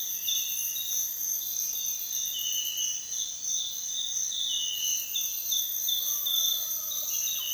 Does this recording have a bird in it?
no